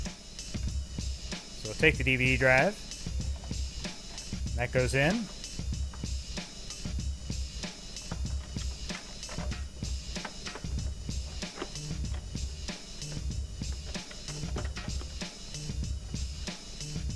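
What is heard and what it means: A replacement DVD drive is handled over its mount in an original Xbox game console chassis while someone talks over music with a steady drum beat. Nothing has seated or clicked into place yet.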